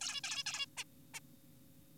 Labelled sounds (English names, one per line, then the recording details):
Zebra Finch
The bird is an adult
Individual g4p5U